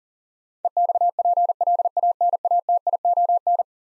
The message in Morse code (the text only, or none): EXPLANATION